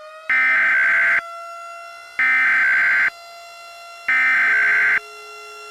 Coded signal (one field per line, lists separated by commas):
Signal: Emergency Alert System (SAME) tones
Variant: header bursts